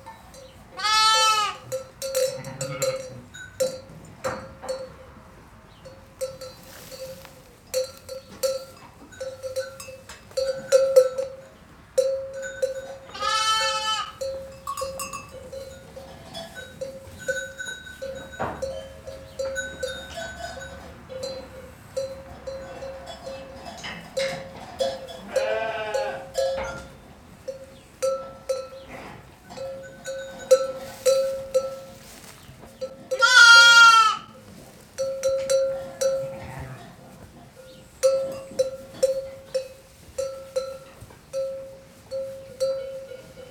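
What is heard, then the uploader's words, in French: A flock of sheep chews quietly inside a barn, with soft rustling and clicking throughout and a steady ringing bell tone in the background. Newborn lambs bleat loudly at a few moments, near the start, middle and around half a minute in. Pendant la sieste tout le troupeau rumine dans la bergerie. Ponctué par le bêlement d’agneaux fraîchement nés.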